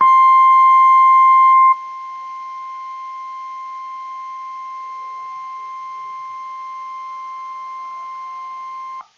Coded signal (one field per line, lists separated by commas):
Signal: Emergency Alert System (SAME) tones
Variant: 1050 Hz attention tone